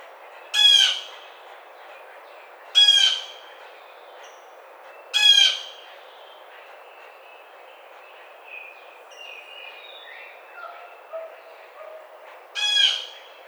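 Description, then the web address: Blue jay giving harsh, raspy jay calls, three loud squawks spaced about two seconds apart, then softer faint chatter and a fourth squawk near the end, in a quiet background. Recorded on 27 May 2009. "Blue Jay 2009 05 27"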